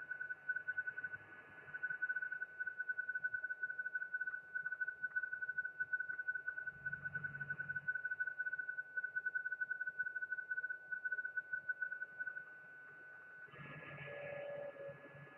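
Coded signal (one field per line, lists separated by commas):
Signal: PSK31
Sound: a single steady warbling tone near 1.5 kHz with fast fluttering pulses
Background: radio static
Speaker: well what you've been hearing is a program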